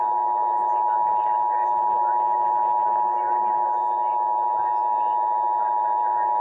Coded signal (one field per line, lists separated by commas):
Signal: Emergency Alert System (SAME) tones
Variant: 853 and 960 Hz attention tone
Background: speech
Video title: EAS #380 Severe Thunderstorm Warning